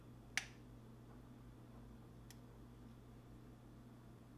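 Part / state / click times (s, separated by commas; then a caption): tow clevis into the tow hook of a scale model tank / seated / 0.4 s. A small tow clevis is snapped onto the tow hook at the front of a 1:32 die-cast metal and plastic Sherman tank model. A sharp, bright snap is heard at 0.4 s, and the clevis seats. A much fainter click follows at 2.3 s over a steady low hum.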